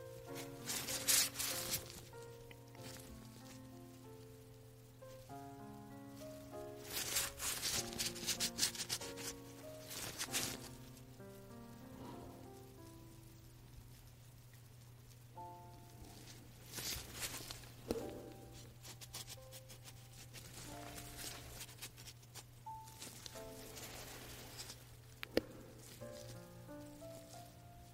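Hands in latex gloves move and rub, making crinkly, rustling bursts around 1, 7 to 10, 17 to 18 and 22 to 23 seconds. Short squeaky tones shift in pitch between the bursts, over a steady low hum that runs throughout.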